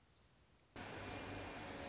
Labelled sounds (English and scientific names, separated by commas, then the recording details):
Orange-crowned Warbler (Leiothlypis celata)
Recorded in Sonoma County, California